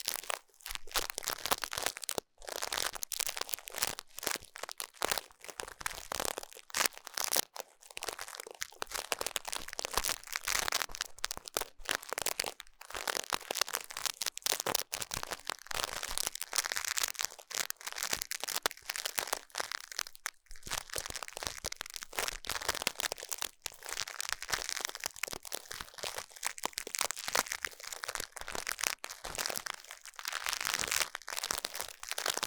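Ear cleaning sounds: dense, bright crackling and crinkling scrapes with brief gaps, continuing irregularly throughout with little low rumble.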